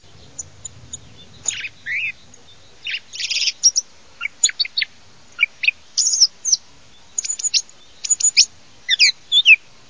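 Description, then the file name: Thrush song of short high squeaky and twittering notes delivered in scattered bursts with brief pauses, against a quiet background. "tordofr"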